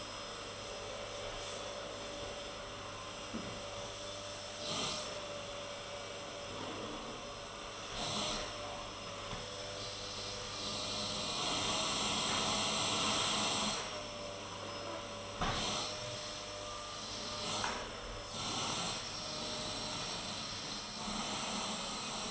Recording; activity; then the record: daily activity, microphone in the room; vacuum cleaning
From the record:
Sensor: 4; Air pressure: 996.0 hPa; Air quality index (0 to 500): 47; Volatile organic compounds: 1 ppm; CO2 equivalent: 751 ppm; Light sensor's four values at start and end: 18/46/18/19 and 18/49/19/20